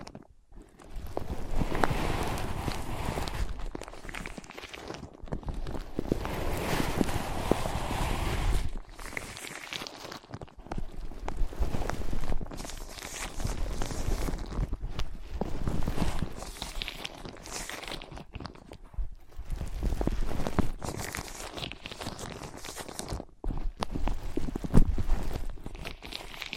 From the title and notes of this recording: ASMR Using Ear Pads as Your Ears Tapping, Scratching, Tracing (No Talking).